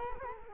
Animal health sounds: mosquito wingbeat signal from an infrared sensor; Culex quinquefasciatus

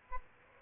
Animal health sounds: mosquito wingbeat signal from an infrared sensor; Aedes albopictus

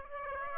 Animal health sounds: mosquito wingbeat signal from an infrared sensor; Aedes aegypti

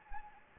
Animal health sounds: mosquito wingbeat signal from an infrared sensor; Anopheles gambiae

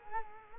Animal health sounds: mosquito wingbeat signal from an infrared sensor; Culex quinquefasciatus

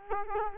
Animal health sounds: mosquito wingbeat signal from an infrared sensor; Culex quinquefasciatus

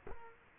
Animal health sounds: mosquito wingbeat signal from an infrared sensor; Culex quinquefasciatus

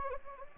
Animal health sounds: mosquito wingbeat signal from an infrared sensor; Anopheles gambiae

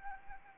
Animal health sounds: mosquito wingbeat signal from an infrared sensor; Anopheles arabiensis

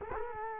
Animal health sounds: mosquito wingbeat signal from an infrared sensor; Culex quinquefasciatus

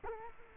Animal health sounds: mosquito wingbeat signal from an infrared sensor; Culex quinquefasciatus

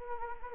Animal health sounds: mosquito wingbeat signal from an infrared sensor; Anopheles gambiae

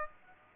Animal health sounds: mosquito wingbeat signal from an infrared sensor; Aedes aegypti

